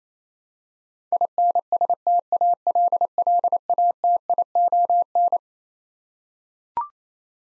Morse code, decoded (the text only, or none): INSTALLATION